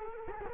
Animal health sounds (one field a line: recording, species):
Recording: mosquito wingbeat signal from an infrared sensor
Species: Culex quinquefasciatus